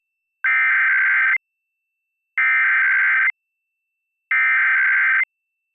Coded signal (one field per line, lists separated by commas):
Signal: Emergency Alert System (SAME) tones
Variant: header bursts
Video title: PA RMT (7/21/22)(EAS 1211-1217)